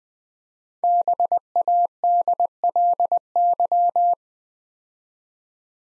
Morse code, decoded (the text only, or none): BADLY